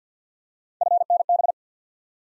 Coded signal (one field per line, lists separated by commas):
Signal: Morse code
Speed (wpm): 48 wpm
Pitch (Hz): 700 Hz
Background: none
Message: FNB